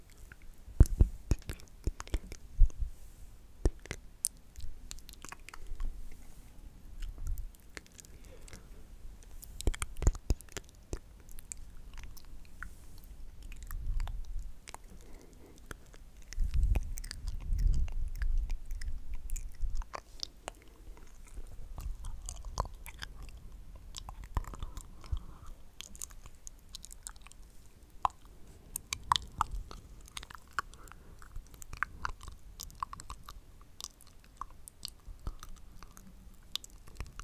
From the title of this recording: ASMR INTENSE MOUTH SOUNDS